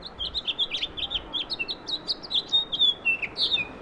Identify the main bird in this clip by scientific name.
Haemorhous mexicanus